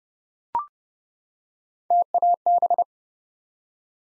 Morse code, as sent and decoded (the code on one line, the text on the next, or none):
- .- -...
TAB